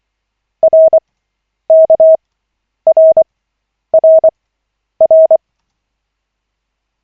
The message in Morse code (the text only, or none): RKRRR